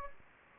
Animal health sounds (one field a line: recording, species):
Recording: mosquito wingbeat signal from an infrared sensor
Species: Anopheles gambiae